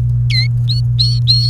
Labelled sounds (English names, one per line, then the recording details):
Domestic Canary song
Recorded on 28 April 2018 at 08:33
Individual llb3